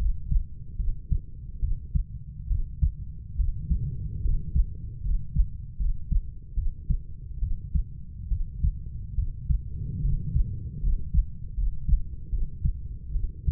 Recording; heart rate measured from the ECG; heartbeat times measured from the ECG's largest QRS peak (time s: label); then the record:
heart sounds by stethoscope; 73 bpm
0.77 s: heartbeat
1.60 s: heartbeat
2.48 s: heartbeat
3.37 s: heartbeat
4.22 s: heartbeat
5.03 s: heartbeat
5.78 s: heartbeat
6.55 s: heartbeat
7.40 s: heartbeat
8.29 s: heartbeat
9.16 s: heartbeat
10.02 s: heartbeat
10.81 s: heartbeat
11.55 s: heartbeat
12.30 s: heartbeat
13.13 s: heartbeat
From the record:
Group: healthy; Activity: rest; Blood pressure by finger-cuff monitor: 133/52 mmHg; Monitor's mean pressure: 77 mmHg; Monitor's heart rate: 72 bpm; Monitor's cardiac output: 9.4 L/min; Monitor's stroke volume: 131 mL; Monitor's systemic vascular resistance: 590 dyn s/cm5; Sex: female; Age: 32 years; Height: 168 cm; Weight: 61.9 kg